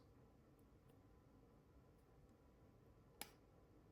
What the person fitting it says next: hear that click